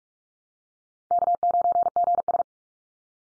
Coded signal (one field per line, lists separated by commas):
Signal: Morse code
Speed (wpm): 44 wpm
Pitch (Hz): 700 Hz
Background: none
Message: K9GS